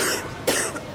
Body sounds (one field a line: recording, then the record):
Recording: coughing mixed with background sound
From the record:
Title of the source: 34 coughing up crap again